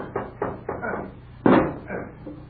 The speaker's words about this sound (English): Carpenters, smash down that door!